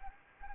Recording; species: mosquito wingbeat signal from an infrared sensor; Anopheles arabiensis